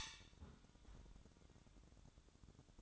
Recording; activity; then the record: daily activity, microphone in the room; close fridge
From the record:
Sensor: 3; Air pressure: 1007.7 hPa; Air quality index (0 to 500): 75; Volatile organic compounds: 1 ppm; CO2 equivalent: 658 ppm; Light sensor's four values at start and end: 12/28/12/12 and 12/29/12/12